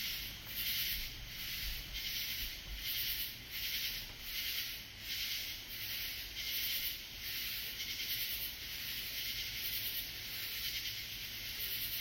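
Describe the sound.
Katydid calling: raspy, high-pitched pulses swelling and fading in a steady rhythm over a constant high hiss.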